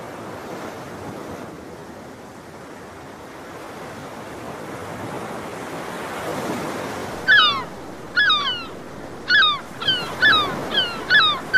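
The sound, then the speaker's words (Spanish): Steady ocean surf rolls throughout, and partway in a series of sharp, high gull cries breaks out, repeating in quick bursts that grow more frequent toward the end. “Sí, es el sonido de las gaviotas.”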